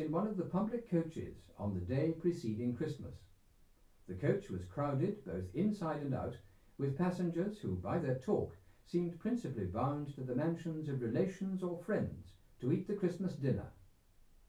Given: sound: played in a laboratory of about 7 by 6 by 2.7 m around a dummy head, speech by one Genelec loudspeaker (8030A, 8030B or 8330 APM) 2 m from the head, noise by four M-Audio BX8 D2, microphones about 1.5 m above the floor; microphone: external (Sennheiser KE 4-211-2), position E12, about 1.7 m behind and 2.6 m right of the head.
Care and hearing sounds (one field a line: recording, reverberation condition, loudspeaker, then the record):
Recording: male speech in English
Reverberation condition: low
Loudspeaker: 150 degrees to the right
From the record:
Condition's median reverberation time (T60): about 310 ms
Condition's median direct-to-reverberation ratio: about 3.5 dB